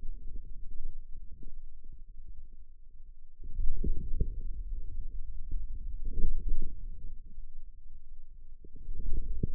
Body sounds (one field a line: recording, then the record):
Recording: forearm muscle sounds (acoustic myography)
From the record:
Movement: inward rotation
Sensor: system 2, bracelet of six BSWA MPA416 microphones around the upper forearm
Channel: 2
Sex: male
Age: 22 years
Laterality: right